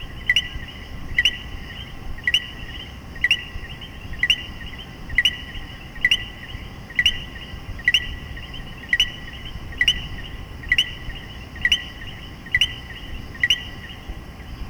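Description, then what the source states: Common coquí giving regular two-note co-qui calls about once a second for the whole stretch, short low note then rising higher chirp, over a steady background hum. Several common coquí frogs calling in Puerto Rico.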